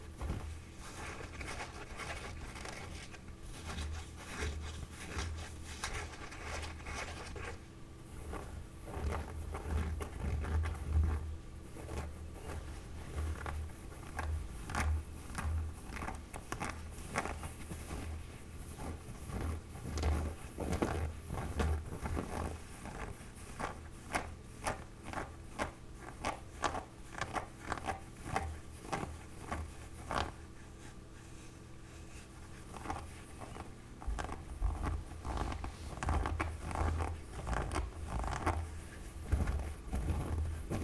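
A glove scratches and rubs against a surface in dense strokes, producing rapid raspy scrapes that come in bursts, busiest between about 8 and 23 seconds and again near the end. A low hum runs underneath throughout.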